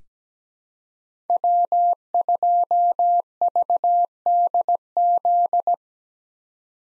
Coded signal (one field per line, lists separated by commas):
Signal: Morse code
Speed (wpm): 17 wpm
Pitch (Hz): 700 Hz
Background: none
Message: W2VDZ